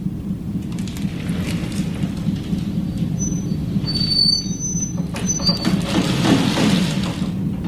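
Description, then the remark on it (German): Stormy sea and force-9 wind roar around a fishing trawler on a voyage to East Greenland in a steady, heavy low rumble with surging gusts, while brief thin high-pitched squeals from the net line's brake drums cut in faintly near the middle. No one speaks. “Die See und der Wind mit Stärke 9 zerren an der Leine.”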